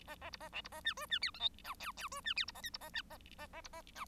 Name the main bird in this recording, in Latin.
Lonchura striata domestica